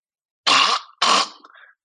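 Two harsh, snorting gasps, imitated by an adult, like choking snores at night. Snoring or this noise at night means sleep apnoea until proven otherwise; it is super dangerous and, in men, the most common cause of sudden death. A sleep study is advised.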